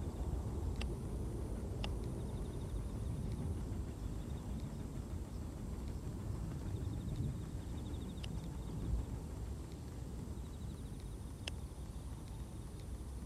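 Autumn insects trill on thin, high steady tones over a heavy, continuous low rumble of distant cars passing. A few short sharp chirps break through around one, two, eight and eleven and a half seconds. The overall level stays even throughout.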